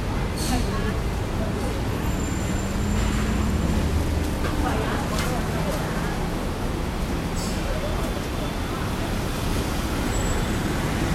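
Street noise on a busy city road: a steady, dense rumble of passing traffic with a low engine drone throughout. Voices murmur faintly underneath, and a few brief sharp clicks and thin high whines cut through around the start, the middle and the end.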